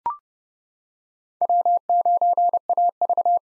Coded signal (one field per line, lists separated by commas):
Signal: Morse code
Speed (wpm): 30 wpm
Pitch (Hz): 700 Hz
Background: none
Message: W9AV